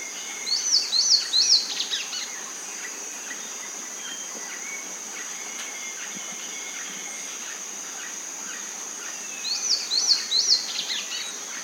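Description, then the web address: Rio Suno antwren song: a short phrase of three rapid, high arched notes, repeated after about nine seconds, over a continuous thin insect buzz. Recorded in the eastern lowlands of South America. "Natures Songs S America Eastern Lowlands. Rio Suno Antwren"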